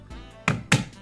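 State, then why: Seated. A Honeywell WiFi smart thermostat body is lined up and pushed onto its wall-mounted back plate, with music playing underneath. Two sharp, loud clicks at 0.5 s and 0.7 s are its plastic clips latching. The thermostat is seated and secured on its wall base.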